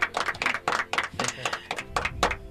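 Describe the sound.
A short burst of applause for two performers, many hands clapping in quick, uneven, crackling bursts at moderate loudness, mixed with voices talking over it.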